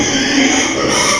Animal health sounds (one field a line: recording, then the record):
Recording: squeal of a Yucatan mini pig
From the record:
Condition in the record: before surgery on the right vocal fold (resection and tissue-engineered implant)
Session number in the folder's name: 2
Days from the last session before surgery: 0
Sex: male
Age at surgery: 12 weeks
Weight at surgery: 13 kg